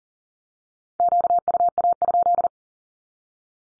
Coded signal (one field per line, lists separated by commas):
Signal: Morse code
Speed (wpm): 40 wpm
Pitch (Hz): 700 Hz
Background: none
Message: QUA?